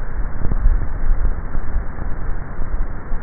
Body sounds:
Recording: swallowing sounds by neck microphone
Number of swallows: 1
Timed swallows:
0.38-1.88 s: swallow
From the record:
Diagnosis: dysphagia

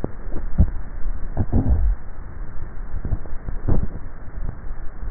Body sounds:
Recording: swallowing sounds by neck microphone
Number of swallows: 1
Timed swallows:
0.22-1.22 s: swallow
From the record:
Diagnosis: dysphagia

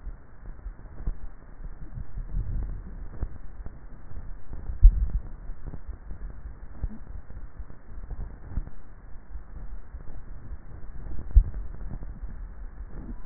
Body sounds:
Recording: swallowing sounds by neck microphone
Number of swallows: 2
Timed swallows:
4.58-5.65 s: swallow
11.15-12.02 s: swallow
From the record:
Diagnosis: dysphagia

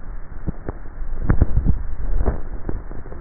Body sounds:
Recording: swallowing sounds by neck microphone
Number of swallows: 1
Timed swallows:
1.42-2.42 s: swallow
From the record:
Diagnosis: dysphagia

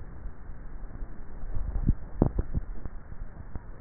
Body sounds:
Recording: swallowing sounds by neck microphone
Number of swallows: 1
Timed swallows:
1.65-2.42 s: swallow
From the record:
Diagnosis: dysphagia

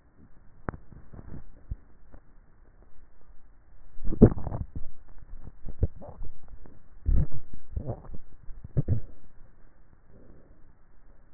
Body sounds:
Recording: swallowing sounds by neck microphone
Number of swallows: 3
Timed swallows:
4.08-5.22 s: swallow
5.78-6.68 s: swallow
7.65-8.62 s: swallow
From the record:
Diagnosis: dysphagia

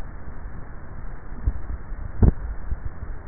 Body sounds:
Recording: swallowing sounds by neck microphone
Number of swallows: 1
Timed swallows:
2.02-2.68 s: swallow
From the record:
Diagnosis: dysphagia

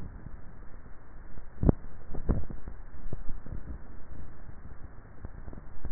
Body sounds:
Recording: swallowing sounds by neck microphone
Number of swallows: 1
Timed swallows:
2.05-3.58 s: swallow
From the record:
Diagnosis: dysphagia

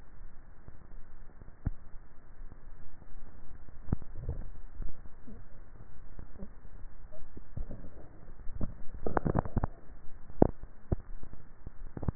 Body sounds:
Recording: swallowing sounds by neck microphone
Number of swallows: 2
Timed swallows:
3.92-4.85 s: swallow
8.38-9.05 s: swallow
From the record:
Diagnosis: dysphagia

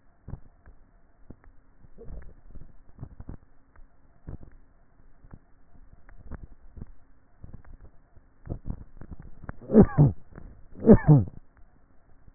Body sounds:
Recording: swallowing sounds by neck microphone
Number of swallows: 3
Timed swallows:
1.85-2.65 s: swallow
6.08-6.85 s: swallow
8.52-8.95 s: swallow
From the record:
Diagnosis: dysphagia

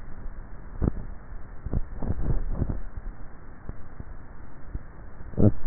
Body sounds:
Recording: swallowing sounds by neck microphone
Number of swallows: 1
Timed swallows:
2.08-3.12 s: swallow
From the record:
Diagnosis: dysphagia

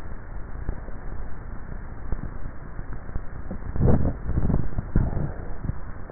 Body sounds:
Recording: swallowing sounds by neck microphone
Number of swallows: 1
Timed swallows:
3.82-4.98 s: swallow
From the record:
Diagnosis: dysphagia

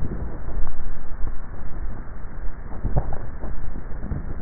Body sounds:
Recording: swallowing sounds by neck microphone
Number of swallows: 1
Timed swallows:
2.88-3.78 s: swallow
From the record:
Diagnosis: dysphagia

